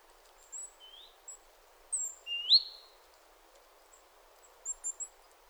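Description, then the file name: Great tit calls: a few faint, short chirps, some rising notes near the middle and a quick cluster of three high ticks at the end, over a soft steady hiss. "Parus major"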